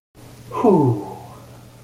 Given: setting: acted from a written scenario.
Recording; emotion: vocal sound without words; relief